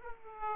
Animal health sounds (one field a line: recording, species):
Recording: mosquito wingbeat signal from an infrared sensor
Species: Aedes aegypti